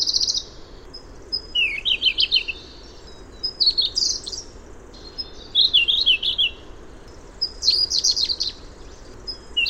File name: suara robin biru siberia omkicau